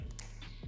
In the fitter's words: until you actually pull the belt tight, and then it'll snap in place, and then it's not coming out of that hole.